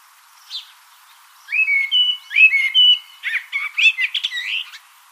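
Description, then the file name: Common blackbird song: one faint note, then clear fluty whistles that turn into a fast, squeaky twittering flourish. "Turdus merula"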